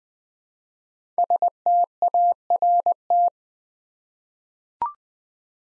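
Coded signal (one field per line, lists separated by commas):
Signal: Morse code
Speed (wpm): 20 wpm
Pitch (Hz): 700 Hz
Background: none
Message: START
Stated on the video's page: 20 wpm Morse practice sending five-letter words, each sent twice, for head-copy training toward word recognition.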